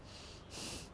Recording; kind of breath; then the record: one breath in and out by a microphone near the nose and mouth; strong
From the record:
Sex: male